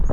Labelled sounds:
Black-throated Gray Warbler (Setophaga nigrescens) flight call

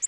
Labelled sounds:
Orange-crowned Warbler (Leiothlypis celata) flight call

